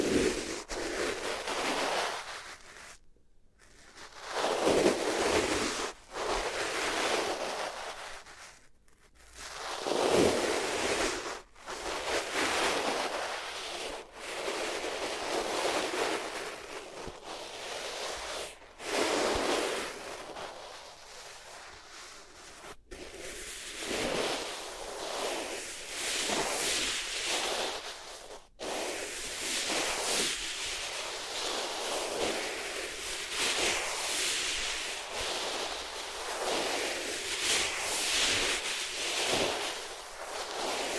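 Hands rub against the ears in repeated scratchy, hissing strokes, steady at first and then quicker, brighter and more crowded after about twenty seconds, with brief silences between.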